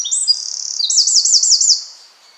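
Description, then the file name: Eurasian wren song fragment, a high sustained note breaking into a fast, wavering trill that fades after under two seconds. "Troglodytes troglodytes"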